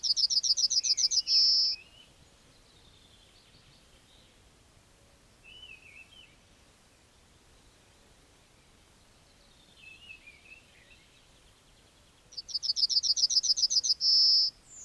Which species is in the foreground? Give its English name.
Yellowhammer